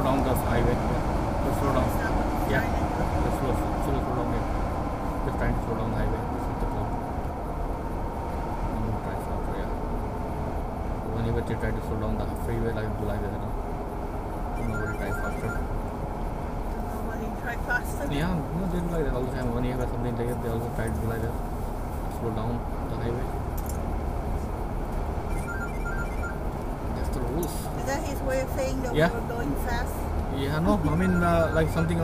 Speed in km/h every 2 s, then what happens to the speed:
106, 100, 89, 87, 84, 81, 79, 79, 79, 79, 77, 77, 76, 77, 76, 77.
0-10 slows to 81. 10-32 steady at about 77.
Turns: none.